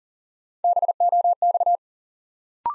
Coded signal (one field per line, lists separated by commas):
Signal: Morse code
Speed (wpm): 37 wpm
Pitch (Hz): 700 Hz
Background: none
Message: BOX